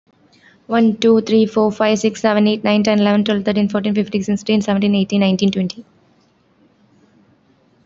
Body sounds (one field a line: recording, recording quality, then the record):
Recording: counting at a fast pace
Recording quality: excellent, no background noise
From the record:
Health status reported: healthy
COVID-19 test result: negative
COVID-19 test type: RT-PCR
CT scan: not taken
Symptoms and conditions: none ticked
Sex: female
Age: 19 years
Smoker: no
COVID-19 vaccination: both doses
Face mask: worn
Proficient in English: yes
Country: India